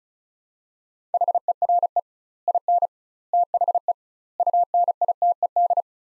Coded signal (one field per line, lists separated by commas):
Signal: Morse code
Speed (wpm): 36 wpm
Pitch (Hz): 700 Hz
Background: none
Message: HERE IN THE UNITED